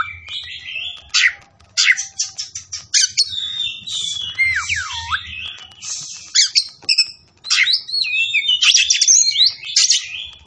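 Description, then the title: Oriental magpie-robin song mixing fast harsh chatter, sharp chips and a looping whistled slur, in bursts with short gaps, over a faint low rumble. Tretes; singing vigorously (gacor). "Kacer Tretes"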